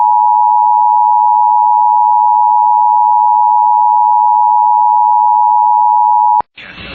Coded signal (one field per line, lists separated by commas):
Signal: Emergency Alert System (SAME) tones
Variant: 853 and 960 Hz attention tone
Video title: WJON/TV Required Weekly Test And Monthly Test (EAS #1